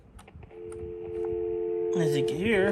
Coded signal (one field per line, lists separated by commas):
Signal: telephone call progress tone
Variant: North America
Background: speech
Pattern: dial tone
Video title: Vintage AT&T Landline Phones